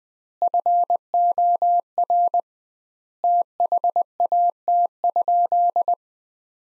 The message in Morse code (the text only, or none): FOR THAT?